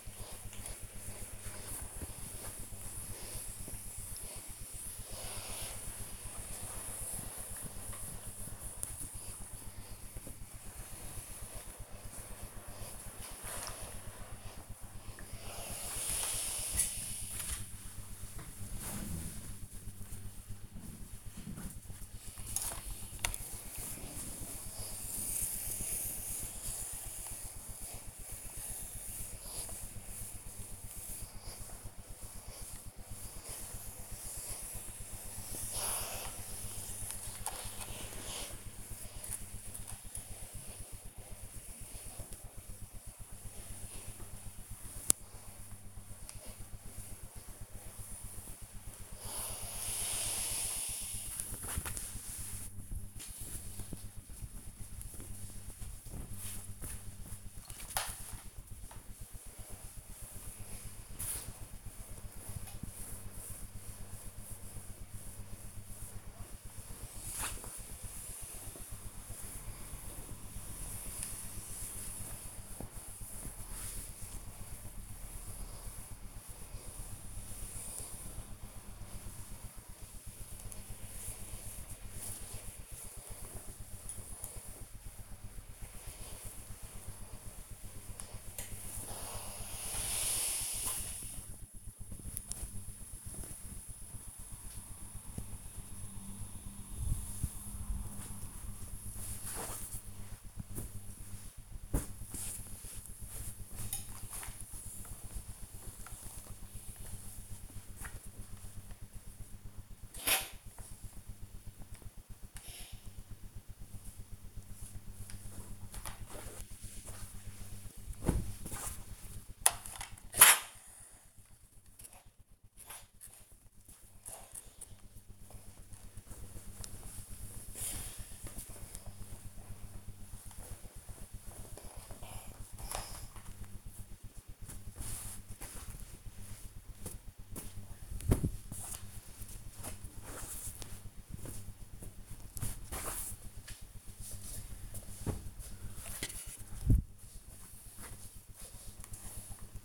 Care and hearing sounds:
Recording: household activities, microphone on the right wrist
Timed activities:
0.00-146.03 s: ironing laundry

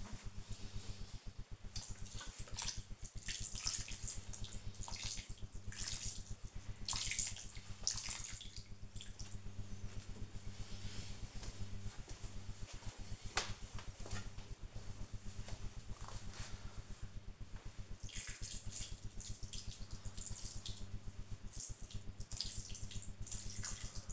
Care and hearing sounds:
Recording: household activities, microphone on the right wrist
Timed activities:
0.00-24.13 s: watering plant

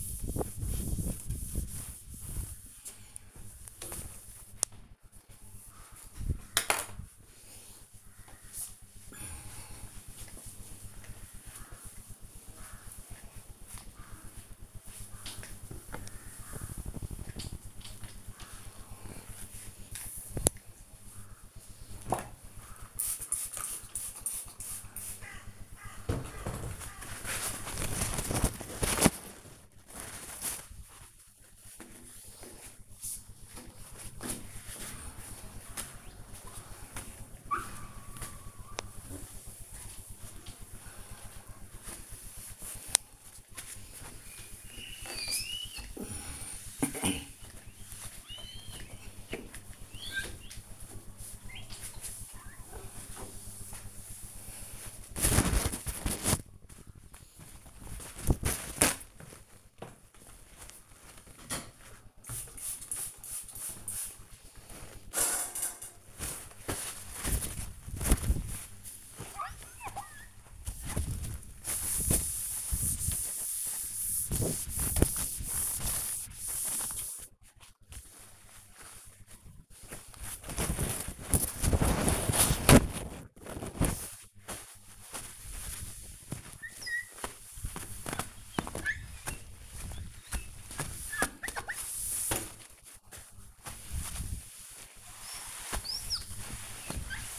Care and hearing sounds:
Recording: household activities, microphone on the right wrist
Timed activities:
0.00-97.39 s: window cleaning

